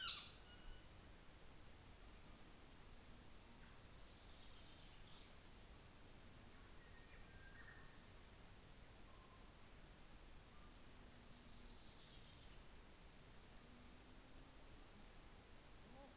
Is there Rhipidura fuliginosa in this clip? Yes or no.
yes